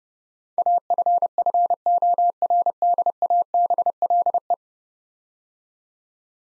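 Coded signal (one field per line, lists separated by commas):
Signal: Morse code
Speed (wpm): 29 wpm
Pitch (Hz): 700 Hz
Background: none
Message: AFFORDABLE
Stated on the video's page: Morse practice at 30 wpm sending 10-letter words, each sent twice for head-copy training.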